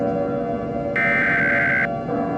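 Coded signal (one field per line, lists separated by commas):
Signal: Emergency Alert System (SAME) tones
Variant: header bursts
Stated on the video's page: Valid EAS tones in a fictional EAS scenario; the alert is simulated.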